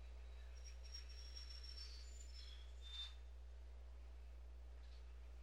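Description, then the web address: Bird calls, thin high whistled notes, some sliding and overlapping, in a short burst, over a steady low electrical-sounding hum. "Звуки природы - птицы"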